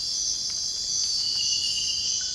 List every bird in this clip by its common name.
none